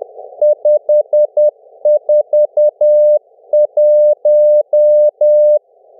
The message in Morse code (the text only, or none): 541